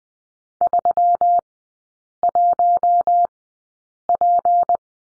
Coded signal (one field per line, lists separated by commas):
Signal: Morse code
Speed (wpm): 20 wpm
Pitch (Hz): 700 Hz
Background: none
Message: 31P